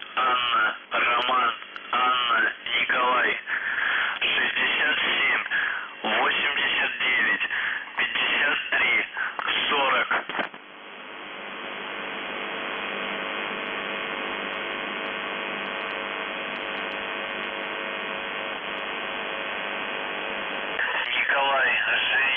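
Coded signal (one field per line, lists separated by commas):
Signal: numbers station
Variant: UVB-76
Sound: a voice speaks over radio for about ten seconds, then steady static, then the voice resumes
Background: radio static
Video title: The Buzzer/UVB-76(4625Khz) May 5, 2021 12:36UTC Voice message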